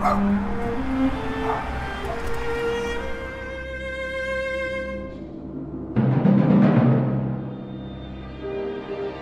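A dog yips and whimpers in high, drawn-out whines, then breaks into a louder burst of barking midway, with steady rumbling noise underneath throughout.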